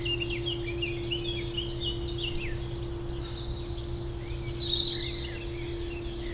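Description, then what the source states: European robin song, high thin phrases with louder bursts in the second half, over a low continuous hum. Robin in the foreground of Bois de Memard, a small peri-urban wood near the Jardin Vagabond, Aix-les-Bains, France; city rumble in background.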